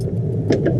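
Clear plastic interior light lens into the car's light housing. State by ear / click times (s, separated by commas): seated / 0.5 s, 0.7 s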